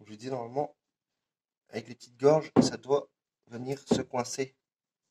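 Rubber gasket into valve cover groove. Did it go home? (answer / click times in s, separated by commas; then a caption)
no / none. A rubber valve cover gasket for an Opel Astra G, replaced because of an oil leak, is being pressed into the small grooves of the valve cover so it locks in place. Someone talks in three short bursts with pauses between them, and no handling noise stands out. The gasket is only being handled, and nothing has seated or clicked yet.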